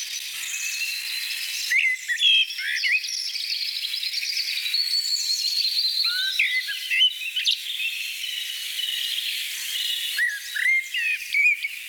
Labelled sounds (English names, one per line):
Common Blackbird song